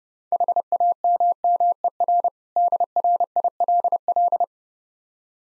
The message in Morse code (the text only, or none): HAMMER DRILL